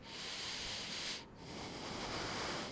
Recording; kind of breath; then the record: one breath in and out by a microphone near the nose and mouth; deep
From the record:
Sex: male